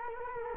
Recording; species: mosquito wingbeat signal from an infrared sensor; Culex quinquefasciatus